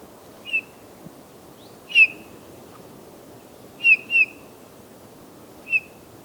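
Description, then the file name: Eurasian bullfinch giving soft, piping whistled calls, short notes with a sharp onset, about five throughout, two in quick succession just after the middle, over low background hiss. "Pyrrhula pyrrhula"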